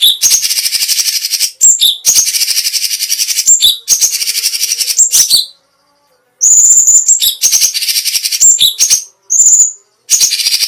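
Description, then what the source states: Cucak cungkok song: almost continuous harsh, rapid trilling with flicks of whistled notes, pausing briefly near the middle. Special song bursts ("tembakan istimewa").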